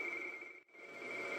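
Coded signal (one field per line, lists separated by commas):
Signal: RTTY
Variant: 170 Hz shift, 60 wpm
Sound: rapid warbling between two close high tones, briefly cut out midway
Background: background hiss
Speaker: the audio line I'm using is plugged into the headphone jack of the speakers so I unplugged it here so you can hear the tones unreal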